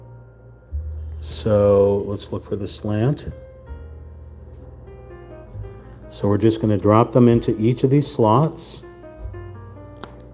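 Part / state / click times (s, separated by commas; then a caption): small wooden shape into a slot of a model / seated / 10.0 s. A small slanted wooden shape is dropped and pressed into its slot on a 3D wooden puzzle model of a coffee house while someone talks over background music. A short, sharp click is heard at 10.0 s as the piece seats in the slot.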